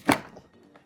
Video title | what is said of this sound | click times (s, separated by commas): Nuna Rava vs. Britax Poplar - Convertible Car Seat Comparison - CANADA | There we go. We've heard it click. | 0.1 s